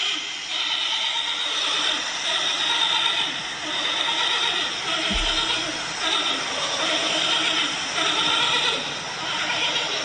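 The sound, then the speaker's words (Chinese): Giant pandas vocalize during their first successful natural mating: a continuous stream of raspy, bleating calls that rise and fall in strong pulses for about ten seconds, with one brief low thump midway and no talking. “我开声播俾大家听下，究竟啊嗰、那个大熊猫自然交首次自然交配成功啊，究竟会有咩声嘅咧？”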